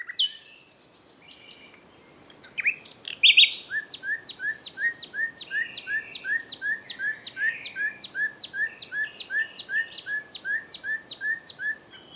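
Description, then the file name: Common nightingale song: a few varied opening notes, then a long, fast, even run of repeated sharp notes, about two to three per second, over a faint hiss. "Luscinia megarhynchos"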